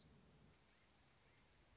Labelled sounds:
Dark-eyed Junco
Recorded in Sonoma County, California

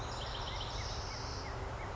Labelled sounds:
Spotted Towhee
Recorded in Sonoma County, California

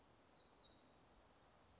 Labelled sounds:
Black-throated Gray Warbler
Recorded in Sonoma County, California

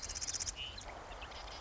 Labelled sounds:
Marsh Wren
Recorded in Sonoma County, California

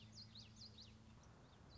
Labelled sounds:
Common Yellowthroat
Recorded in Sonoma County, California

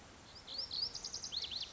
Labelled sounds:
Lazuli Bunting
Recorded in Sonoma County, California

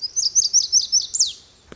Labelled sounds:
Lazuli Bunting
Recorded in Sonoma County, California

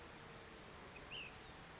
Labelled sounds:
Ash-throated Flycatcher
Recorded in Sonoma County, California

